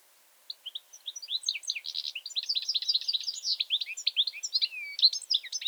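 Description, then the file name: European goldfinch song: after half a second of quiet, a fast, liquid twitter of high tinkling notes builds and runs continuously to the end, with a few buzzy slurred notes mixed in. "Carduelis carduelis"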